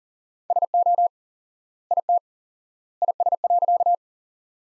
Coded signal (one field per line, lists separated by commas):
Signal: Morse code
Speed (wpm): 40 wpm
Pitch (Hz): 700 Hz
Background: none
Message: SO IT IS.